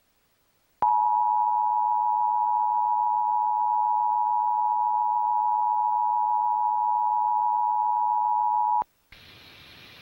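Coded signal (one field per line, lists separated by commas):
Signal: Emergency Alert System (SAME) tones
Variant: 853 and 960 Hz attention tone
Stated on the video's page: Remixed simulated test with valid EAS tones, not a real broadcast.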